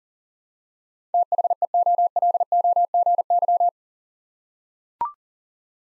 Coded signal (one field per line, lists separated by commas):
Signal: Morse code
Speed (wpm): 40 wpm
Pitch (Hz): 700 Hz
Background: none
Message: THEOLOGY